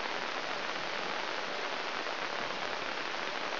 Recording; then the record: brain microelectrode recording played as sound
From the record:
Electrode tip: inside the subthalamic nucleus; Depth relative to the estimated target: 1 mm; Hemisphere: left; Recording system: AlphaMap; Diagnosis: Parkinson's disease